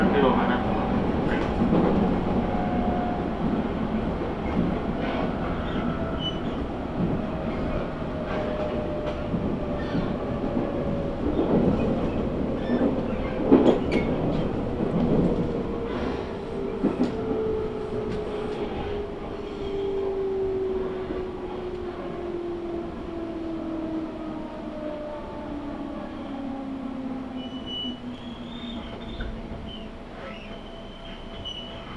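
A train on a main rail line, heard from a station platform while waiting to board. A steady low rumble carries a slowly falling whine as the train decelerates, with scattered clanks and knocks around the middle, and the sound gradually fades over the half minute.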